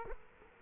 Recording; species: mosquito wingbeat signal from an infrared sensor; Culex quinquefasciatus